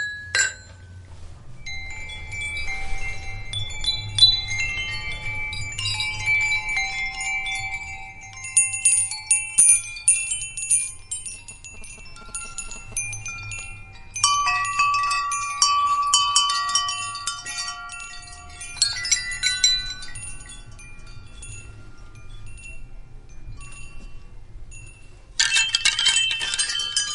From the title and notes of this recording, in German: Tauche ein in die harmonischen Töne, die der Wind durch die feinen Schwingungen der Windspiele erzeugt. Zauberhaften Melodie der Metall- oder Holzröhren.